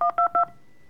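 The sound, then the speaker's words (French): Three quick touch-tone beeps as a phone number is dialed to call the company Depaël, each a steady two-tone chirp separated by short gaps, followed by quiet. “Allez, boum, on appelle.”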